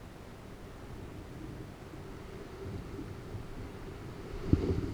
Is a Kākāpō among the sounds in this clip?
no